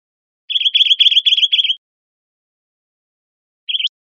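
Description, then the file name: Bridled titmouse giving a rapid chatter of several notes, followed after a long silence by one brief rising note. Recorded in Arizona. "BRTI 5 Deviche"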